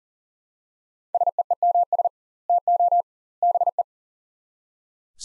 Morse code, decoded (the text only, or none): SEEMS TO BE